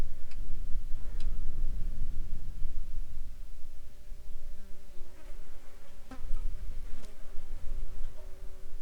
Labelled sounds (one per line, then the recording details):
wind
insects
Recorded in the Arctic National Wildlife Refuge, Alaska, on 10 July 2021 at 14:20
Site 42